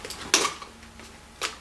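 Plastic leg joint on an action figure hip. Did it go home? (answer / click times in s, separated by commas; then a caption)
yes / 0.3 s. A plastic hip leg joint on a 2018 Mattel Jurassic World Extreme Chompin' T-Rex action figure is rotated until it clicks into one of its two set positions. A sharp, bright click lands at 0.3 s, with fainter taps around it and another crisp tick at 1.4 s. The leg is seated in place.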